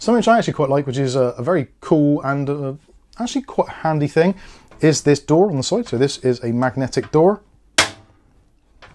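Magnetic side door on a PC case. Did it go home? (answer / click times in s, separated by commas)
yes / 7.8 s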